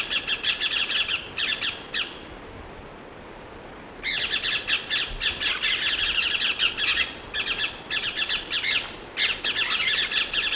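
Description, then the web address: Maroon-bellied parakeet giving rasping, harsh squawks in rapid series, a two-second quiet gap, then renewed dense chattering calls. "chant xeno-canto conure a ventre rouge"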